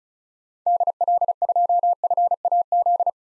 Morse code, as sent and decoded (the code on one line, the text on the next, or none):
-.. .-.. ..--- ..-. .- --..
DL2FAZ